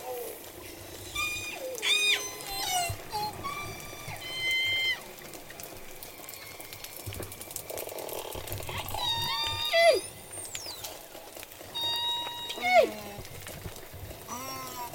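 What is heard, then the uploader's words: Orca calls from J pod, a run of sliding whistles and squeaky pulsed cries, clustered near 2, 10 and 13 seconds, over low steady rumble. Acoustic inference as J pod departs Puget Sound & heads to Canada. Southern Resident Killer Whales into Puget Sound this fall.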